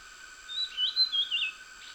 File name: Dusky fulvetta